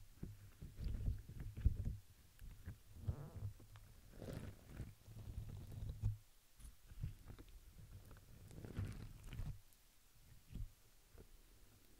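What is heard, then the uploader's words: Handled rustling and crinkling of plastic and paper, with soft brushing strokes and dull low thumps. Sounds come in irregular bursts, busiest around the first two seconds, near four to six seconds and again near nine, separated by quieter gaps with light ticks. Sleepy Satisfying Sounds ASMR • NO Talking • Crinkles, Plastic, Brush, Silicone, Glass, Paper.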